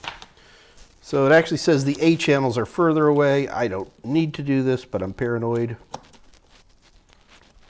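A RAM module is handled at a motherboard memory slot, apparently for the A channel, while someone talks. A few faint handling ticks sound near the start and after the speech. Nothing has seated or clicked yet.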